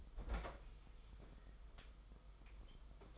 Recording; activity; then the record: daily activity, microphone in the room; open fridge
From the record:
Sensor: 5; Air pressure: 991.1 hPa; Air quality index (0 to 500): 111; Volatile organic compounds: 28 ppm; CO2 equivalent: 2908 ppm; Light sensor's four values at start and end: 34/99/39/42 and 35/101/40/43